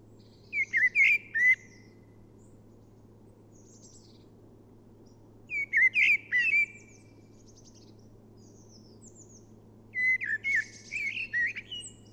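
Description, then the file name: Eurasian blackbird song, three short phrases a few seconds apart, each a warble with thin high notes, over a constant low hum. "Turdus merula"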